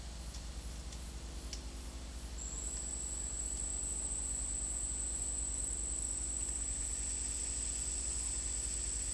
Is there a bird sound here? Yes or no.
no